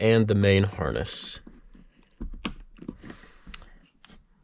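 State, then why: Seated. Someone talks as the main wiring harness connector on a 2023 Jeep Wrangler Rubicon 392 is pushed into the hard top harness. It gives one sharp click at 2.5 s, seating it, with a few faint ticks after. The connector has a red locking tab that gets pushed up once it has clicked in.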